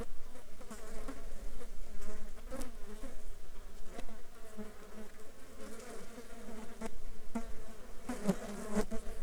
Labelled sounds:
insects
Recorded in the Arctic National Wildlife Refuge, Alaska, on 9 July 2019 at 13:03
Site 35

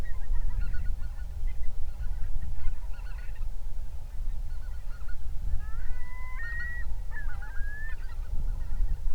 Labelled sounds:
waterfowl
loon
wind
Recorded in the Prudhoe Bay oil fields, Alaska, on 31 July 2019 at 07:58
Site 24

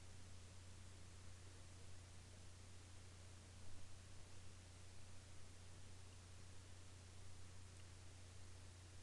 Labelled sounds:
near silence
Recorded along the Dempster Highway, Canada, on 29 March 2020 at 23:11
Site 13

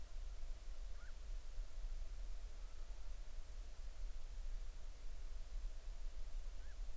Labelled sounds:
bird
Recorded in the Arctic National Wildlife Refuge, Alaska, on 20 July 2019 at 02:37
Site 38

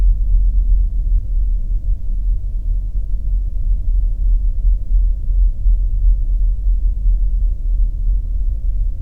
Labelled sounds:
flare stack
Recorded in the Arctic National Wildlife Refuge, Alaska, on 3 September 2019 at 09:52
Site 35

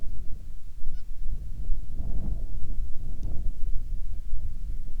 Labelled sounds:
waterfowl
wind
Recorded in the Prudhoe Bay oil fields, Alaska, on 10 July 2019 at 14:44
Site 14

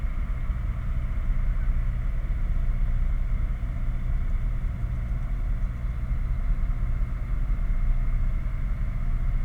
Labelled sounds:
machinery
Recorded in the Prudhoe Bay oil fields, Alaska, on 11 August 2019 at 21:06
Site 29

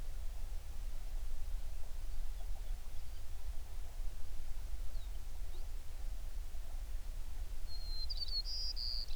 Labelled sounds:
songbird
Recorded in the Prudhoe Bay oil fields, Alaska, on 11 June 2019 at 04:52
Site 21

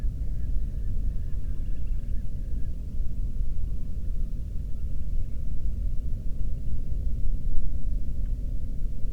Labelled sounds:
bird
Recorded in the Prudhoe Bay oil fields, Alaska, on 13 June 2019 at 00:31
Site 30

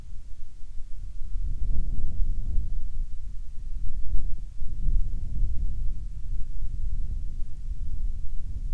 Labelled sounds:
wind
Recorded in the Arctic National Wildlife Refuge, Alaska, on 3 August 2019 at 13:44
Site 49

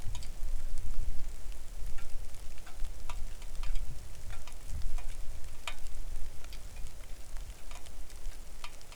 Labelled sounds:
wind
rain
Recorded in the Arctic National Wildlife Refuge, Alaska, on 3 August 2019 at 09:49
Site 41

